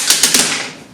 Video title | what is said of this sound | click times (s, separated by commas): Lifetime Tamarack Angler 100 Kayak Upgrades and Modifications | it rotates over now the nice thing about this is it is um very snappy and it does lock into place | 0.2 s, 0.3 s